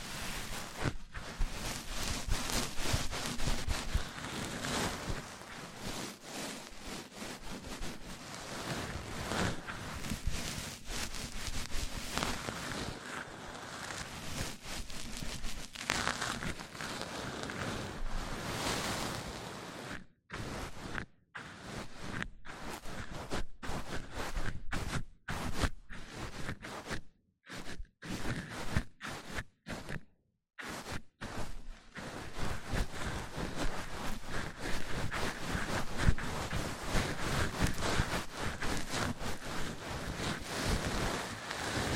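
Mic-on-mic triggers: one microphone rubbed and scratched against another, making a dense, rough rustling that fills everything from low thumps to bright hiss. The texture stays busy and uneven throughout, broken by a run of abrupt short silences between about 20 and 31 seconds.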